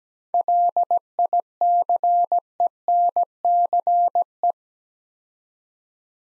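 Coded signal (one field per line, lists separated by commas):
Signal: Morse code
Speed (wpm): 17 wpm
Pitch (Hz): 700 Hz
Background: none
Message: LICENCE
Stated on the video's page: Morse practice at 17 wpm: seven-letter words sent twice for head-copy drill.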